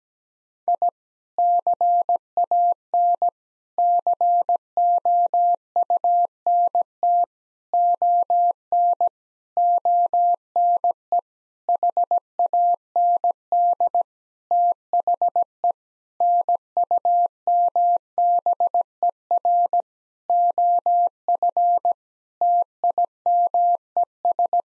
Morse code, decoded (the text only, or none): I CAN COUNT ON ONE HAND THE NUMBER OF TIMES